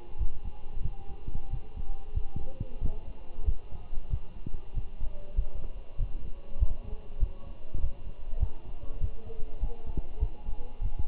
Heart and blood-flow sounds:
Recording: heart sounds by stethoscope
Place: between the tricuspid and mitral areas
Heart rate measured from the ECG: 96 bpm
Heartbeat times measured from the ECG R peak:
0.19 s: heartbeat
0.83 s: heartbeat
1.51 s: heartbeat
2.15 s: heartbeat
2.82 s: heartbeat
3.46 s: heartbeat
4.10 s: heartbeat
4.75 s: heartbeat
5.37 s: heartbeat
5.99 s: heartbeat
6.60 s: heartbeat
7.21 s: heartbeat
7.81 s: heartbeat
8.40 s: heartbeat
9.01 s: heartbeat
9.61 s: heartbeat
10.20 s: heartbeat
10.82 s: heartbeat
From the record:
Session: walking at 3.7 km/h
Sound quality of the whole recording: good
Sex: male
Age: 23 years

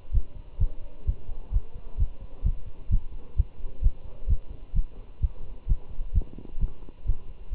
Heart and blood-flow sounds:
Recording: heart sounds by stethoscope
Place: between the tricuspid and mitral areas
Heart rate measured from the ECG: 130 bpm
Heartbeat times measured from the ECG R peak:
0.14 s: heartbeat
0.61 s: heartbeat
1.07 s: heartbeat
1.54 s: heartbeat
1.99 s: heartbeat
2.45 s: heartbeat
2.92 s: heartbeat
3.38 s: heartbeat
3.84 s: heartbeat
4.29 s: heartbeat
4.76 s: heartbeat
5.23 s: heartbeat
5.69 s: heartbeat
6.15 s: heartbeat
6.61 s: heartbeat
7.07 s: heartbeat
7.53 s: heartbeat
From the record:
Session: Bruce protocol treadmill stress test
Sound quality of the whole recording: good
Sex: male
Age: 25 years

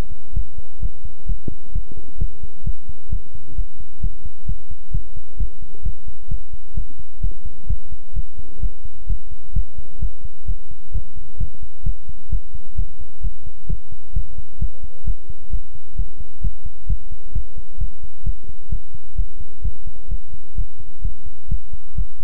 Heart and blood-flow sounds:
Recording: heart sounds by stethoscope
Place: between the tricuspid and mitral areas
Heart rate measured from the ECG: 130 bpm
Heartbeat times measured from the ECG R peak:
0.33 s: heartbeat
0.79 s: heartbeat
1.26 s: heartbeat
1.72 s: heartbeat
2.18 s: heartbeat
2.64 s: heartbeat
3.09 s: heartbeat
3.55 s: heartbeat
4.00 s: heartbeat
4.45 s: heartbeat
4.91 s: heartbeat
5.37 s: heartbeat
5.82 s: heartbeat
6.28 s: heartbeat
6.74 s: heartbeat
7.21 s: heartbeat
7.67 s: heartbeat
8.13 s: heartbeat
8.60 s: heartbeat
9.07 s: heartbeat
9.53 s: heartbeat
9.99 s: heartbeat
10.45 s: heartbeat
10.92 s: heartbeat
11.37 s: heartbeat
11.83 s: heartbeat
12.29 s: heartbeat
12.75 s: heartbeat
13.21 s: heartbeat
13.67 s: heartbeat
14.13 s: heartbeat
14.59 s: heartbeat
15.04 s: heartbeat
15.50 s: heartbeat
15.95 s: heartbeat
16.41 s: heartbeat
16.87 s: heartbeat
17.32 s: heartbeat
17.78 s: heartbeat
18.23 s: heartbeat
18.69 s: heartbeat
19.15 s: heartbeat
19.62 s: heartbeat
20.08 s: heartbeat
20.55 s: heartbeat
21.01 s: heartbeat
21.48 s: heartbeat
21.95 s: heartbeat
From the record:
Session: pedaling a stationary bicycle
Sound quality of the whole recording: good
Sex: male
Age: 24 years

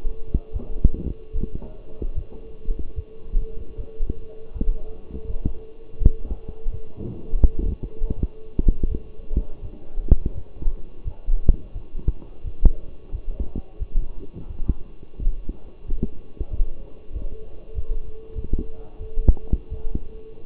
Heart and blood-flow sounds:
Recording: heart sounds by stethoscope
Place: between the tricuspid and mitral areas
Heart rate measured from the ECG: 85 bpm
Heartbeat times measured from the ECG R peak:
0.53 s: heartbeat
1.32 s: heartbeat
2.14 s: heartbeat
2.95 s: heartbeat
3.76 s: heartbeat
4.54 s: heartbeat
5.26 s: heartbeat
5.98 s: heartbeat
6.70 s: heartbeat
7.41 s: heartbeat
8.15 s: heartbeat
8.88 s: heartbeat
9.61 s: heartbeat
10.34 s: heartbeat
11.04 s: heartbeat
11.73 s: heartbeat
12.44 s: heartbeat
13.11 s: heartbeat
13.79 s: heartbeat
14.48 s: heartbeat
15.19 s: heartbeat
15.87 s: heartbeat
16.50 s: heartbeat
17.13 s: heartbeat
17.74 s: heartbeat
18.35 s: heartbeat
18.99 s: heartbeat
19.70 s: heartbeat
From the record:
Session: walking at 3.7 km/h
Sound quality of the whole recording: partially saturated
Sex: male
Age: 24 years

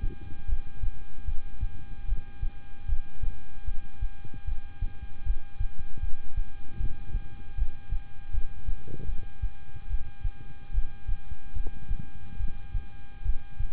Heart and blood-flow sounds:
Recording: heart sounds by stethoscope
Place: between the tricuspid and mitral areas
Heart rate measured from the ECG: 75 bpm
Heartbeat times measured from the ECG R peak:
0.46 s: heartbeat
1.25 s: heartbeat
2.06 s: heartbeat
2.86 s: heartbeat
3.65 s: heartbeat
4.45 s: heartbeat
5.23 s: heartbeat
6.00 s: heartbeat
6.77 s: heartbeat
7.55 s: heartbeat
8.31 s: heartbeat
9.06 s: heartbeat
9.88 s: heartbeat
10.72 s: heartbeat
11.53 s: heartbeat
12.37 s: heartbeat
13.23 s: heartbeat
From the record:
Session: rest, lying down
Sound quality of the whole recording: good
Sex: male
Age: 26 years

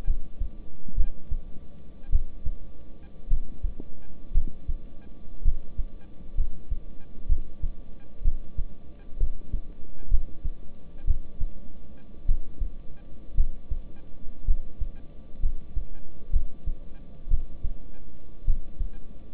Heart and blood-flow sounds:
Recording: heart sounds by stethoscope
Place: between the tricuspid and mitral areas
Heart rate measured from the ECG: 59 bpm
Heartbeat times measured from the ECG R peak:
0.05 s: heartbeat
0.95 s: heartbeat
2.10 s: heartbeat
3.28 s: heartbeat
4.32 s: heartbeat
5.43 s: heartbeat
6.35 s: heartbeat
7.27 s: heartbeat
8.23 s: heartbeat
9.18 s: heartbeat
10.09 s: heartbeat
11.05 s: heartbeat
12.26 s: heartbeat
13.35 s: heartbeat
14.45 s: heartbeat
15.40 s: heartbeat
16.31 s: heartbeat
17.29 s: heartbeat
18.45 s: heartbeat
From the record:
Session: rest, lying down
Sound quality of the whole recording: good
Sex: male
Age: 26 years

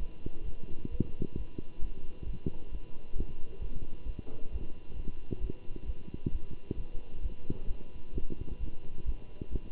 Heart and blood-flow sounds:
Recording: heart sounds by stethoscope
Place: between the tricuspid and mitral areas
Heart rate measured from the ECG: 132 bpm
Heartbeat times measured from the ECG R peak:
0.44 s: heartbeat
0.90 s: heartbeat
1.36 s: heartbeat
1.80 s: heartbeat
2.25 s: heartbeat
2.71 s: heartbeat
3.16 s: heartbeat
3.60 s: heartbeat
4.05 s: heartbeat
4.51 s: heartbeat
4.95 s: heartbeat
5.40 s: heartbeat
5.85 s: heartbeat
6.31 s: heartbeat
6.76 s: heartbeat
7.21 s: heartbeat
7.67 s: heartbeat
8.13 s: heartbeat
8.59 s: heartbeat
9.05 s: heartbeat
9.51 s: heartbeat
From the record:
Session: Bruce protocol treadmill stress test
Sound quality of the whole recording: good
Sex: male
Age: 23 years

